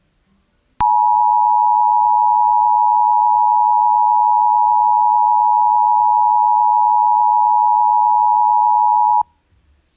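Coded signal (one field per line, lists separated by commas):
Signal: Emergency Alert System (SAME) tones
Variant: 853 and 960 Hz attention tone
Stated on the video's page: Very rare 911 telephone outage emergency relayed by a weather service office at the county emergency management's request.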